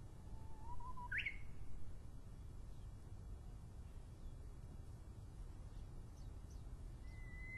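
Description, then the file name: Japanese bush warbler singing: a low whistle rises gently, then breaks into a quick upward flourish. Soft chirps follow, and a steady higher whistle comes near the end. Recorded in 2012. "uguisu 2012"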